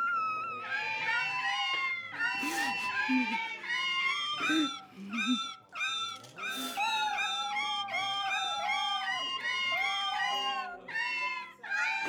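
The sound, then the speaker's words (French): A chorus of cats yowling and caterwauling from a cat organ: seven cats shut in boxes ordered by vocal range, tails tied to keyboard keys, each crying out as a key is struck. One shrill, wavering cry after another at different pitches, overlapping in a loud, continuous string with no talking. “La queue de chaque chat était reliée à une touche du clavier. Quand Johnny frappait une touche, le chat hurlait.”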